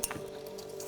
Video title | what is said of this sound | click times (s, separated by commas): I SPENT R100k ON MY GOLF 7R - INDUCTION KIT - DOWN PIPE - NEW RIMS - TUNNING | There we go. Just a small click you're going to hear. | 0.0 s